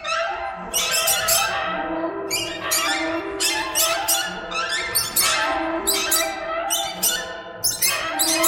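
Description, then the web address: A flock of birds squawks and chatters, loud raspy bursts breaking through a constant tangle of higher tonal notes. "soundfactory birds birds"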